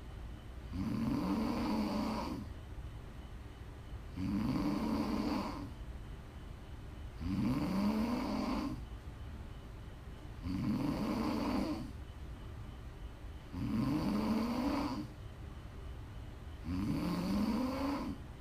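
Prime ASMR snoring from a sleeping adult woman: steady, rhythmic, low-pitched snores, about six in 18 seconds, with quiet pauses between them.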